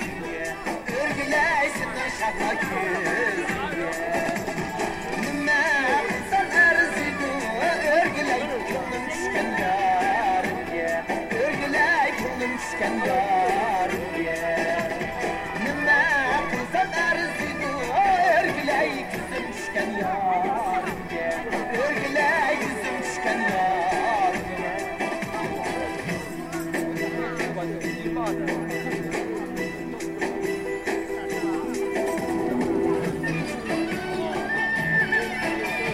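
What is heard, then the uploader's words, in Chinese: Square dancing at Harbin's Railway Park: a dense, continuous wash of music with wavering melodic lines, mixed with overlapping voices of a crowd. The level stays even for the whole stretch, with a faint jingle and sustained low tones later on. 哈尔滨铁路公园，广场舞。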